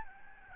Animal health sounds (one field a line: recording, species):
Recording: mosquito wingbeat signal from an infrared sensor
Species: Aedes albopictus